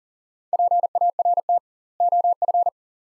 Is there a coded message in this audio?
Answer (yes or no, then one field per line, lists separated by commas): yes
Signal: Morse code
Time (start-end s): 0.5-2.7 s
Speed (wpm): 40 wpm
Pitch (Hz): 700 Hz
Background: none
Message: PART OF